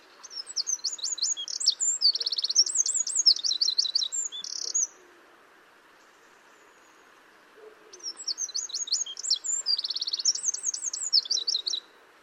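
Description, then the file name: Eurasian wren singing two loud, rapid, high-pitched phrases of warbles and buzzy trills, each over four seconds long, separated by a short silence. "Troglodytes troglodytes"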